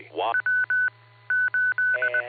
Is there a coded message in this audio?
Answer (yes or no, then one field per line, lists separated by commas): yes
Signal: Morse code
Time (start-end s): 0.3-2.2 s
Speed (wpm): 20 wpm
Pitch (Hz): 1500 Hz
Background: speech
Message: W8